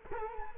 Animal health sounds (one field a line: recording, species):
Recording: mosquito wingbeat signal from an infrared sensor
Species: Culex quinquefasciatus